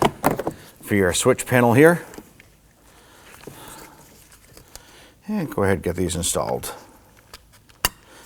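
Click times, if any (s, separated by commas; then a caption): 7.9 s. Someone talks while the wiring connectors for the door switch panel of a 2015–2024 Nissan Murano are pushed into their sockets, with small handling clicks and rustles along the way. A sharp, loud click at 7.9 s marks a connector engaging and seating in place.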